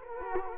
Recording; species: mosquito wingbeat signal from an infrared sensor; Culex quinquefasciatus